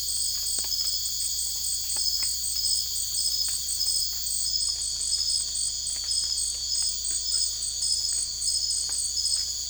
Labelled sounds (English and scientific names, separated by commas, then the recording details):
none
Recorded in secondary vegetation near Puerto Asís, Putumayo, Colombia, on 20 December 2024 at 00:00
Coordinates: 0.488, -76.319
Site GP04